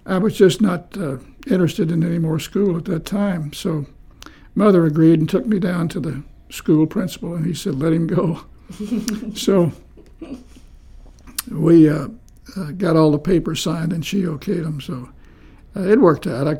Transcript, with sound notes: I was just not…interested in anymore school at that time, so Mother agreed and took me down to the school principal, and he said, “let him go.”. [chuckles] So, we…got all the paper signed and she okayed them so, it worked out.